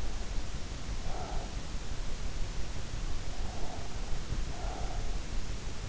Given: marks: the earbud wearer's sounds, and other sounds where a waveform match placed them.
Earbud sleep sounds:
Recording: sounds in sleep by an in-ear microphone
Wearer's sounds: breath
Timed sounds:
0.92-1.67 s: breath
3.23-5.37 s: breath

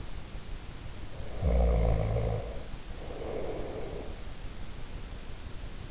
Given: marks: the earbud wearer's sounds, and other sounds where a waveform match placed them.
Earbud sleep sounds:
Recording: sounds in sleep by an in-ear microphone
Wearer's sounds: snoring breath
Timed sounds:
1.13-4.22 s: snoring breath

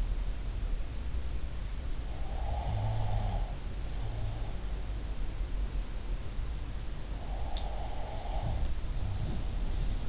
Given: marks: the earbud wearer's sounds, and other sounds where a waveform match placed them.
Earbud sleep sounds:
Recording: sounds in sleep by an in-ear microphone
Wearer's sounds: snoring breath, breath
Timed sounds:
2.40-4.59 s: snoring breath
7.46-10.09 s: breath

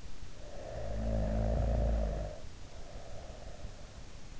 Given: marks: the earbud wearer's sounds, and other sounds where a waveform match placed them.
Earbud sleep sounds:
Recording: sounds in sleep by an in-ear microphone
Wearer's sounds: snoring breath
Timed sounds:
0.00-3.84 s: snoring breath

